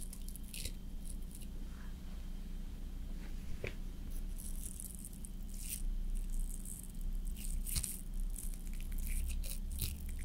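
Slow makeup application with soft brushing, crisp scratchy taps and scrapes every second or two over a steady low hum.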